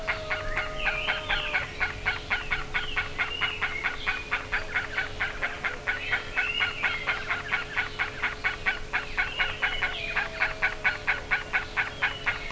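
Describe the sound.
Bird gives fast raspy notes about twice a second, mixed with drawn-out whistled slurs, over a steady background hum.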